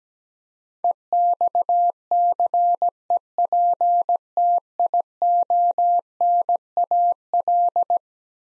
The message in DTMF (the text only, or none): none